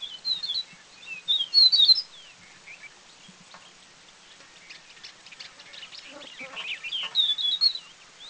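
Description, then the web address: Slender-billed babbler calls: high squeaky chattering bursts at the beginning and near the end, softer twittering and rustling in between. Recorded in India. "India other Slender-billed Babbler"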